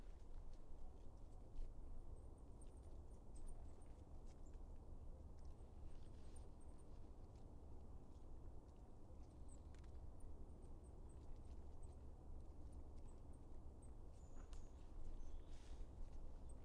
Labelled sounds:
Goldcrest (Regulus regulus) call
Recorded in the wild
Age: adult
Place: Schönow, Naturpark Barnim, Brandenburg, DE
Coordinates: 52.6997, 13.5075
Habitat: pine forest
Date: 2006-12-10 14:32
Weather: no clouds, ca. 8°C, weak winds
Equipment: Sound Devices 702, Sennheiser MKH 70, Popschutz
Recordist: Frommolt, Karl-Heinz

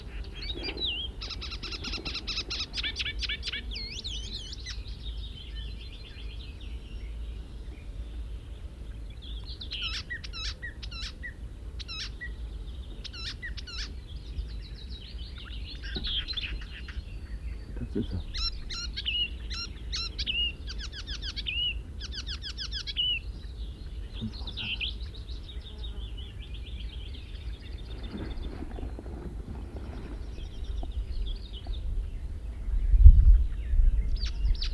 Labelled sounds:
Marsh Warbler (Acrocephalus palustris) song
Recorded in the wild
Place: Venz, Insel Rügen, Mecklenburg-Vorpommern, DE
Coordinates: 54.497, 13.302
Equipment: Nagra III BH, Sennheiser MD 21, parabola
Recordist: Schubert, Michael

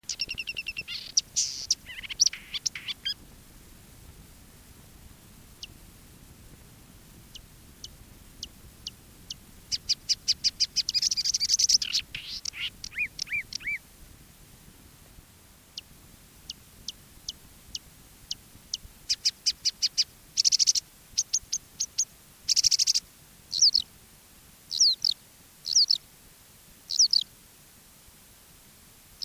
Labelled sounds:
Marsh Warbler (Acrocephalus palustris) song
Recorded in the wild
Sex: male
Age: adult
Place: Wiesenthau, Bayern, DE
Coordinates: 49.7128, 11.1353
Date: 1963-06-05
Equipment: Nagra, Original, Vollspur
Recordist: Tretzel, Erwin

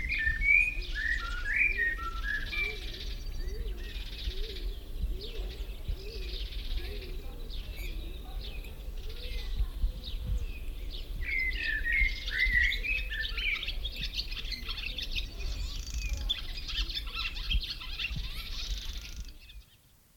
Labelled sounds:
Eurasian Bullfinch (Pyrrhula pyrrhula)
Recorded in the wild
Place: Serrahn, Mecklenburg-Vorpommern, DE
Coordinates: 53.6673, 12.3475
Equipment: NAGRA III BH, Sennheiser MD21
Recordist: Schubert, Michael

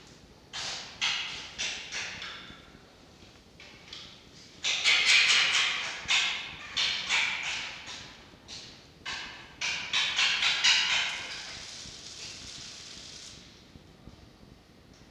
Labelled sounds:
Red Fox (Vulpes vulpes)
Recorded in captivity
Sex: group
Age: adult
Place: Zoologisches Institut der HUB, Berlin, DE
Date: 1952-11-04 13:15
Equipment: Elmetra
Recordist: Tembrock, Günter
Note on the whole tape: Fritz wieder im Fuchszimmer. Jupp greift Fritz an, Drohscharren. Fritz: helles Keckern; Mucki: Angstwinseln

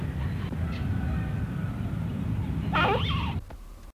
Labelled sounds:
Brown Eared Pheasant (Crossoptilon mantchuricum) call
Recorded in captivity
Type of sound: call
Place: Zoo Köln, Nordrhein-Westfalen, DE
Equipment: Halbspur, 9,5 cm/s
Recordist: Lütgens, Hans
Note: Rufe

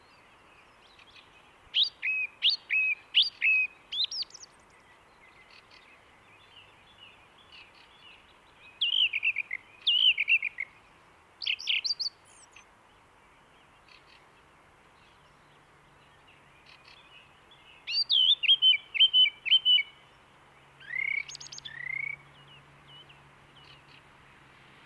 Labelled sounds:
Song Thrush (Turdus philomelos) song
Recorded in the wild
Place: Oberstdorf, Bayern, DE
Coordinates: 47.3797, 10.2944
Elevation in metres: 903
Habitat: mountains
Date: 1977-03-25
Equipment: Nagra IV, Sennheiser MKH 405, Parabolreflektor
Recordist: Tretzel, Erwin

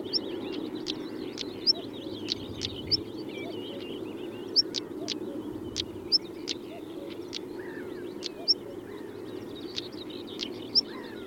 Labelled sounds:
European Stonechat (Saxicola rubicola) alarm call
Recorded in the wild
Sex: male
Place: Wierden, Overijssel, NL
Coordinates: 52.358, 6.594
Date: 1990-05-18 06:09
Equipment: Nagra III BH, Sennheiser MD 21, parabola
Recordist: Schubert, Michael
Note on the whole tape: Warnen von einem Schwarzkehlchen Männchen

